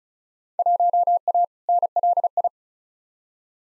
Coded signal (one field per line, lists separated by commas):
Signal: Morse code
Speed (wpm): 36 wpm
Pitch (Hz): 700 Hz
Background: none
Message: 1A NLI